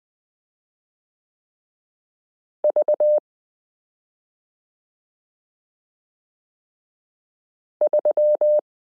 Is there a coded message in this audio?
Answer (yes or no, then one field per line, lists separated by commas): yes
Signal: Morse code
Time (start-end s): 2.6-8.6 s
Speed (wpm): 20 wpm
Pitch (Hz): 600 Hz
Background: none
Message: V 3